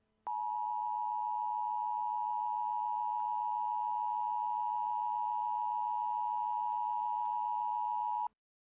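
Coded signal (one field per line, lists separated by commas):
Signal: Emergency Alert System (SAME) tones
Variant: 853 and 960 Hz attention tone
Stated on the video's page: Fictional EAS scenario of a Chicago fire, simulated alert tones.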